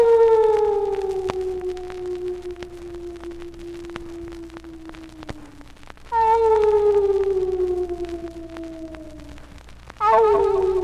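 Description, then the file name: Dog howling in long, slowly falling tones, three howls with the last two starting abruptly, over a faint steady hum. "Hallowe en Spooky Sounds - Dog Howling"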